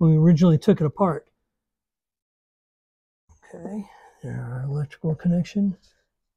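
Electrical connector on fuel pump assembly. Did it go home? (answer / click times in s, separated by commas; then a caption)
no / none. Someone talks while handling the electrical connector on the fuel pump assembly of a second-generation Toyota Tacoma during an LS V8 swap fuel pump upgrade. Two stretches of speech are separated by a silent gap of about 2 seconds. The connector has not snapped in or seated yet.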